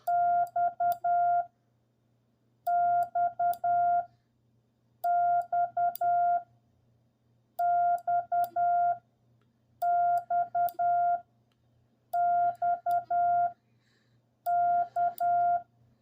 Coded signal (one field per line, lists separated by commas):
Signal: Morse code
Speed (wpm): 10 wpm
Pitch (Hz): 700 Hz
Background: music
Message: X X X X X X K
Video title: CW MORSE CODE LESSON #8. "W2KX"